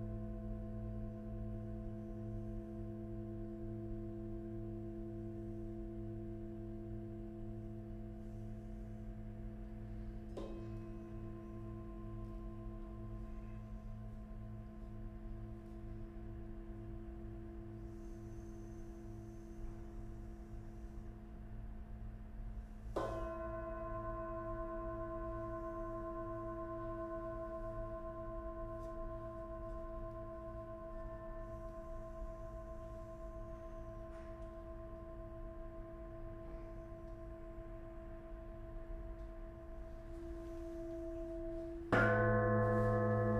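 Sound bath with sustained, humming bowl tones layered over a low drone, struck afresh around 10, 23 and 42 seconds, each strike bright.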